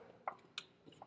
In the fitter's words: Bob's your uncle listen for the click there